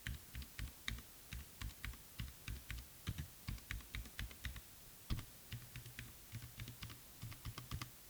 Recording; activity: daily activity, guitar pickup as the sensor; type